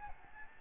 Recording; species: mosquito wingbeat signal from an infrared sensor; Aedes albopictus